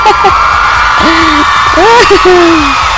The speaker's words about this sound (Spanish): Ay, eso me dice una ovación.